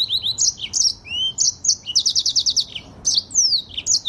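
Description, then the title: Streaked spiderhunter song, a fast jumble of sharp high chirps, slurred whistles and a quick stuttering trill in the middle. Song used as a tutor recording for cage birds; bird singing vigorously, with a clear, long song. "Pijantung Gunung Gacor Jernih Panjang"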